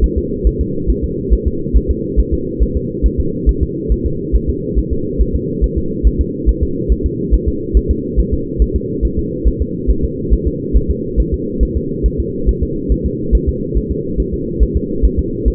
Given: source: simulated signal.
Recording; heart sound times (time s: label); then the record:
fetal heart sounds
0.04 s: S1
0.18 s: S2
0.47 s: S1
0.61 s: S2
0.90 s: S1
1.04 s: S2
1.33 s: S1
1.48 s: S2
1.77 s: S1
1.91 s: S2
2.20 s: S1
2.34 s: S2
2.63 s: S1
2.77 s: S2
3.06 s: S1
3.20 s: S2
3.49 s: S1
3.63 s: S2
3.92 s: S1
4.06 s: S2
4.36 s: S1
4.50 s: S2
4.79 s: S1
4.93 s: S2
5.21 s: S1
5.36 s: S2
5.64 s: S1
5.78 s: S2
6.07 s: S1
6.21 s: S2
6.49 s: S1
6.63 s: S2
6.92 s: S1
7.06 s: S2
7.34 s: S1
7.48 s: S2
7.77 s: S1
7.91 s: S2
8.20 s: S1
8.34 s: S2
8.62 s: S1
8.76 s: S2
9.05 s: S1
9.19 s: S2
9.48 s: S1
9.62 s: S2
9.90 s: S1
10.04 s: S2
10.33 s: S1
10.47 s: S2
10.77 s: S1
10.91 s: S2
11.20 s: S1
11.34 s: S2
11.63 s: S1
11.77 s: S2
12.06 s: S1
12.20 s: S2
12.49 s: S1
12.63 s: S2
12.92 s: S1
13.06 s: S2
13.35 s: S1
13.49 s: S2
13.78 s: S1
13.91 s: S2
14.20 s: S1
14.34 s: S2
14.63 s: S1
14.77 s: S2
15.05 s: S1
15.19 s: S2
15.48 s: S1
From the record:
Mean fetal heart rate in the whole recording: 140 bpm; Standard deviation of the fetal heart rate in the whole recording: 2 bpm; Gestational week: 34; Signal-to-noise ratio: -6.6 dB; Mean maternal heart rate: 72 bpm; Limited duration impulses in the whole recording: present